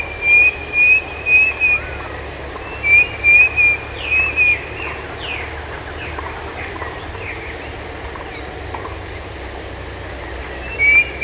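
Bird calls: a few short series of high thin whistles, a pause with faint scattered chirps, then another whistle, over a low steady hum.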